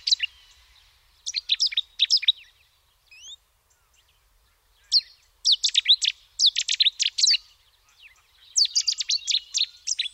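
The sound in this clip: Cetti's warbler: sudden loud bursts of sharp, rapid notes, several outbursts separated by short quiet gaps.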